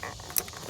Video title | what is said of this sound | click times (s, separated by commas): Chevy Cruze Purge Valve Replacement - And Symptoms of a Bad One | Okay, you heard that snap? | 0.4 s